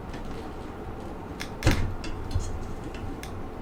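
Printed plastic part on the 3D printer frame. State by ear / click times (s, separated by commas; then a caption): not seated / none. A printed plastic part is being handled and pressed onto the frame of an LDO Voron Trident 3D printer, with low handling rustle and a short, sharp knock near 1.7 s and a softer bump around 2.4 s. Nothing has snapped or seated yet; the clip ends just before the part goes home.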